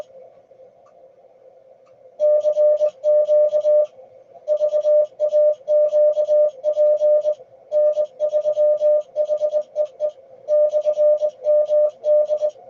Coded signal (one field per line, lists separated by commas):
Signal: Morse code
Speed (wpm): 21 wpm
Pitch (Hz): 600 Hz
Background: none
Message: CQ VAQP N3HEE /MD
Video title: Contesting Demo - VA QSO Party 2015